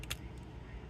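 An ink cartridge is pushed into the section of a second plastic fountain pen until it clicks and seats, going in a little easier than the first, perhaps from a better feel for it. Two short, sharp clicks come at 0.0 s and 0.1 s, the second louder, over a steady low background hum.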